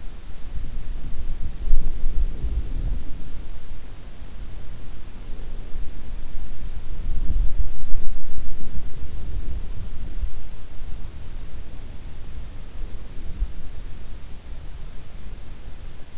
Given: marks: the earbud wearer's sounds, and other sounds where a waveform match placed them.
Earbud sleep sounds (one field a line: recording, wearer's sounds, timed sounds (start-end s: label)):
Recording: sounds in sleep by an in-ear microphone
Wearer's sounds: body movement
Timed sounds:
0.00-16.18 s: body movement